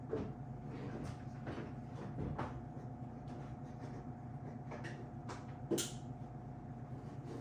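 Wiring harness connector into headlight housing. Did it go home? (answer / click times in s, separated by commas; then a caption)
yes / 2.4 s. A wiring harness connector is plugged into the housing of a new Form Lighting LED projector headlight for an all-new Bronco. Over a steady low hum and a few soft knocks and rustles, the connector locks in with a sharp solid click at 2.4 s and seats fully.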